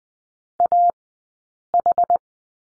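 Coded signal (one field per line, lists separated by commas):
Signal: Morse code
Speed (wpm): 20 wpm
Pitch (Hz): 700 Hz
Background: none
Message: AH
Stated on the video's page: Morse code course lesson on the letter H, sent at a Farnsworth speed of 20/10 wpm.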